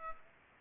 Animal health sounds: mosquito wingbeat signal from an infrared sensor; Aedes aegypti

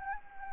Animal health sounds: mosquito wingbeat signal from an infrared sensor; Anopheles gambiae

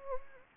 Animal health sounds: mosquito wingbeat signal from an infrared sensor; Anopheles gambiae

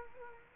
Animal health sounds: mosquito wingbeat signal from an infrared sensor; Culex quinquefasciatus

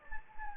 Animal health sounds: mosquito wingbeat signal from an infrared sensor; Anopheles gambiae

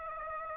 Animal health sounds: mosquito wingbeat signal from an infrared sensor; Aedes aegypti

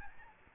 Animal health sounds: mosquito wingbeat signal from an infrared sensor; Aedes albopictus

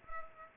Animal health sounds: mosquito wingbeat signal from an infrared sensor; Culex pipiens

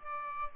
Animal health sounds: mosquito wingbeat signal from an infrared sensor; Aedes albopictus

